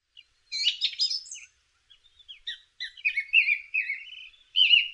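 Song thrush song: a scratchy, twittering burst followed by several short, clear whistled phrases, some repeated, in an otherwise quiet background.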